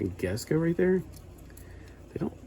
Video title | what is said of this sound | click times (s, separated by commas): Gundam Universe 30 Qan[T] Action Figure | they don't snap into place though | none